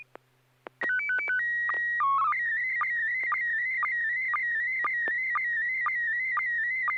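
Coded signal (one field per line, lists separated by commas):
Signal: SSTV (slow-scan television)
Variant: PD 120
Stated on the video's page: SSTV images exchanged on an amateur radio net via FM repeater on 441.300 MHz.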